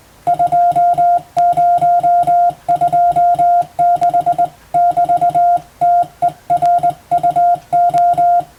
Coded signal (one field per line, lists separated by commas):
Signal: Morse code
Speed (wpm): 19 wpm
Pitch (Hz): 700 Hz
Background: music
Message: 2026<BT>TERUO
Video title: 【Radio operator morse practice】This is a Morse code practice video. There is a morse exam in japan.